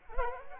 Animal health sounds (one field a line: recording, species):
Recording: mosquito wingbeat signal from an infrared sensor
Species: Culex quinquefasciatus